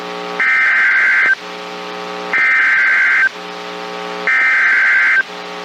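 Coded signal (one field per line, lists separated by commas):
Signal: Emergency Alert System (SAME) tones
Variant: header bursts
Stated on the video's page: EAS alerts captured through a TFT EAS 911 unit, including NOAA Weather Radio broadcasts.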